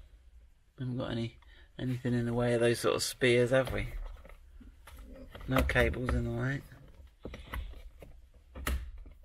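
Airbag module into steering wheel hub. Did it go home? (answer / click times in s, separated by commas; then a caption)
yes / 8.7 s. Someone talks while the airbag module is pressed into the hub of a new carbon fibre steering wheel on a Range Rover Sport L494/SVR during a steering wheel upgrade. A few faint ticks and handling sounds come before a sharp click at 8.7 s as the module snaps into its clips and seats in place.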